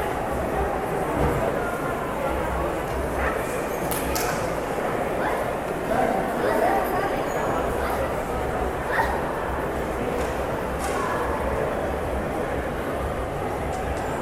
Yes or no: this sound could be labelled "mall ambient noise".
yes